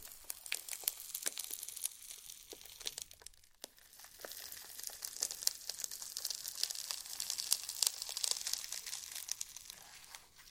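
Slime being squeezed and pressed, giving a dense run of sharp, crinkly pops and crackles that bunch up in bright bursts. The clicking is near constant, with a brief near-silent gap around three and a half seconds before it resumes, busier toward the end.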